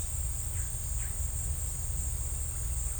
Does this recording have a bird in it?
no